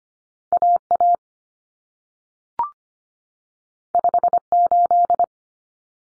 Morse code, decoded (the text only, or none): AA 58